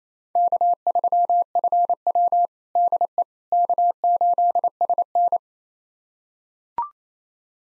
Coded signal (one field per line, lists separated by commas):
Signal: Morse code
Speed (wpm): 27 wpm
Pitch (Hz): 700 Hz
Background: none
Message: K3FW DE K8SN